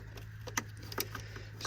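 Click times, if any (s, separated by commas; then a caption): 0.6 s, 1.0 s. A replacement seed plate is slid onto a planter row unit's seed meter housing and pressed in, with a steady low hum underneath and a few faint taps. Sharp snaps at 0.6 s and 1.0 s mark the plate popping into place, and it ends up seated.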